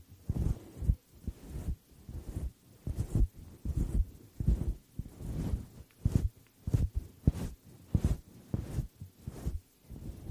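Foam-covered mic being scratched and brushed, making a dense run of low, muffled thumps and rubbing strokes about two or three per second. Some strokes carry brief bright scratchy edges, and the pattern stays busy and uneven throughout, with no voices.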